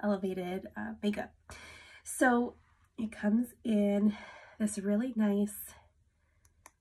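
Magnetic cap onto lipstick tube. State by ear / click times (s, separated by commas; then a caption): seated / 6.7 s. Someone talks, then closes a magnetic cap onto a lipstick tube, and it seats with a small, sharp click at 6.7 s, a faint tap just before it at about 6.5 s. The magnetic click holds the cap shut so the top won't come off in a purse.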